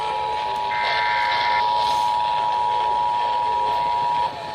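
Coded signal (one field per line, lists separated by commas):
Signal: Emergency Alert System (SAME) tones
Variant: 853 and 960 Hz attention tone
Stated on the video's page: Compilation of 48 EAS alerts, recorded with a phone.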